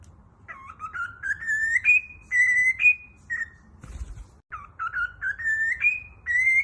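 Cockatiel whistled tune, rising notes ending in held high whistles, a short pause with a faint thump, then the melody resumes.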